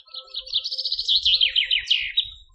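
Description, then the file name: Common chaffinch song: a bright, fast series of high notes that ends in a brief flourish, lasting about two and a half seconds. "Fringilla coelebs"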